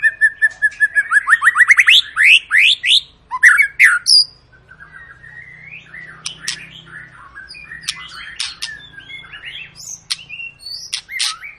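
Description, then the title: White-rumped shama song opening with a quick series of rising whistles, then loud sweeping notes and a long, quieter stretch of mixed chirps and clicks. Long song used as a lure to make other birds sing; "gacor" means a bird singing continuously. "Pancingan Murai Batu Gacor Panjang"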